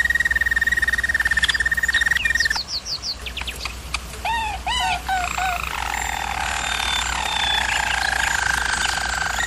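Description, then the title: German Roller canary song: a long even rolling trill, then quick whistled slurs and hollow bubbling notes, ending in a lower continuous roll; a steady low hum underneath. German Roller canary singing, for canary training. "German Roller Canary Singing - Canary Training Vid"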